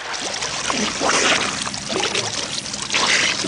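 Water splashes and churns continuously as a woman swimmer pushes off the bottom of a pool and breaks the surface holding a child, a dense, hissing wash with a few louder surges and no voices.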